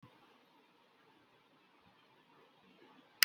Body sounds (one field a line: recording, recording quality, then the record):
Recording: heavy voluntary cough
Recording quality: poor, much background noise or distortion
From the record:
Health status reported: healthy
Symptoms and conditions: none ticked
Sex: male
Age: 37 years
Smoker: not ticked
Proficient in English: yes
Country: India